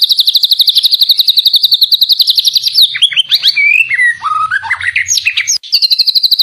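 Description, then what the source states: White-rumped shama song, loud rapid trill broken by a tumbling series of swooping whistles before the fast trill resumes. Song used as a tutor recording (masteran) to train cage songbirds.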